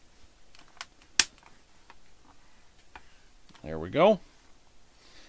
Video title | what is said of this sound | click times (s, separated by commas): How to build a distraction free laptop on a budget | and then you snap everything into place there | 0.8 s, 1.2 s